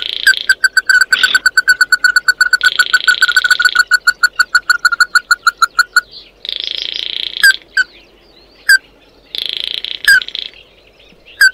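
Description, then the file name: Bird calls: a fast even series of sharp clipped notes for six seconds, followed by slower alternating buzzy bursts and single notes. "Tieng chim mat do"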